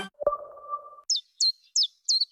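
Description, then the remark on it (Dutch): A chiffchaff sings four bright, high-pitched notes in an even, steady rhythm, following a short lower humming tone at the start, in a radio advertisement for Vogels Kijken Magazine. “Wanneer hoor jij de eerste tjiftjaf?”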